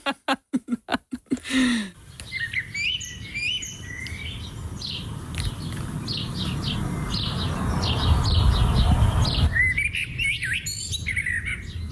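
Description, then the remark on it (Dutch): A blackbird sings a run of varied, fluting whistled phrases over a steady low rumble, after a handful of sharp rhythmic clicks at the start; no one speaks. “Het geluid van een merel.”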